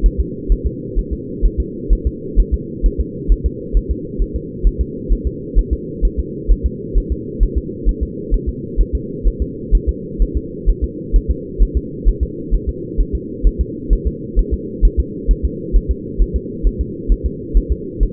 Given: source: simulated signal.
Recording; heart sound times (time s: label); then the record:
fetal heart sounds
0.06 s: S1
0.20 s: S2
0.52 s: S1
0.66 s: S2
0.99 s: S1
1.13 s: S2
1.45 s: S1
1.60 s: S2
1.93 s: S1
2.07 s: S2
2.40 s: S1
2.54 s: S2
2.86 s: S1
3.00 s: S2
3.32 s: S1
3.46 s: S2
3.77 s: S1
3.91 s: S2
4.22 s: S1
4.36 s: S2
4.67 s: S1
4.81 s: S2
5.12 s: S1
5.27 s: S2
5.59 s: S1
5.73 s: S2
6.05 s: S1
6.19 s: S2
6.52 s: S1
6.66 s: S2
6.97 s: S1
7.12 s: S2
7.43 s: S1
7.58 s: S2
7.89 s: S1
8.03 s: S2
8.34 s: S1
8.49 s: S2
8.80 s: S1
8.95 s: S2
9.27 s: S1
9.42 s: S2
9.75 s: S1
9.89 s: S2
10.22 s: S1
10.37 s: S2
10.69 s: S1
10.84 s: S2
11.16 s: S1
11.31 s: S2
11.62 s: S1
11.77 s: S2
12.08 s: S1
12.23 s: S2
12.54 s: S1
12.69 s: S2
13.00 s: S1
13.15 s: S2
13.47 s: S1
13.61 s: S2
13.93 s: S1
14.07 s: S2
14.39 s: S1
14.53 s: S2
14.85 s: S1
15.00 s: S2
15.31 s: S1
15.45 s: S2
15.76 s: S1
15.91 s: S2
16.22 s: S1
16.36 s: S2
16.67 s: S1
16.81 s: S2
17.12 s: S1
17.26 s: S2
17.57 s: S1
17.72 s: S2
18.03 s: S1
From the record:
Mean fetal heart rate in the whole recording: 130 bpm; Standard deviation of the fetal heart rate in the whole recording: 2 bpm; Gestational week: 36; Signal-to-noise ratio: -4.1 dB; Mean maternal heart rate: no maternal heart sound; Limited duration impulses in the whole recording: absent